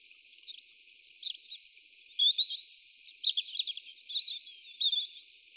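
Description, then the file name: European robin singing a varied, tinkling series of high warbles, wavering whistles and quick trills, with short pauses between phrases. "Erithacus rubecula"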